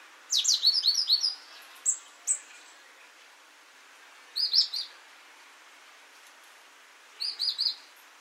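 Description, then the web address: Great tit calls: a fast run of high, scratchy chirping notes, then single notes, followed by two further brief chattering bursts, over faint background hiss. "SETE Parus major"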